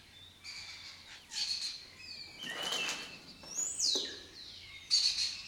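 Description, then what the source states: Lesser kestrel calls, harsh rasping notes and a shrill descending squeal in irregular bursts. Migratory colony breeding in an abandoned building complex in Doñana, southern Europe; forages in West Africa.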